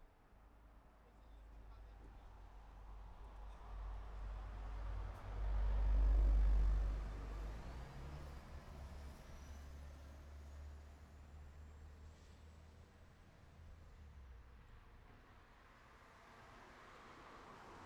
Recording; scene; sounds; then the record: everyday scene through a hearing-aid microphone; in traffic; traffic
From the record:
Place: city secondary road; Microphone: behind the ear, right, front